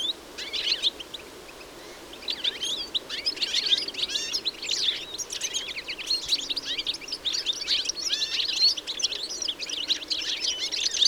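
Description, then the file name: European goldfinch calls, a few chirps at first, then after a brief lull a thick, continuous chorus of high twittering notes builds and carries on. "Carduelis carduelis"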